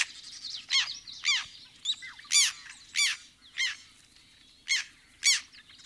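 Black tern giving a rapid series of loud, rasping calls, with softer squeaky notes in between.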